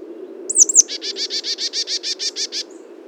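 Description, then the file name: Marsh tit call: two quick high clipped notes, then about a dozen rapid, even buzzy notes in a chattering run, with soft low background noise. "Poecile palustris"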